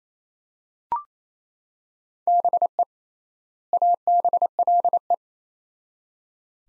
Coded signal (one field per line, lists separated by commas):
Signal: Morse code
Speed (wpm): 28 wpm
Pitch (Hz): 700 Hz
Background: none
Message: BE ABLE